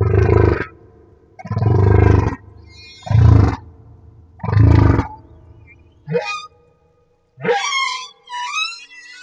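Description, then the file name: Humpback whale song: four deep throbbing grunts, then rising whoops and a wavering high harmonic cry. Humpback whale off Madagascar. "Humpback Whale - Madagascar Whale One"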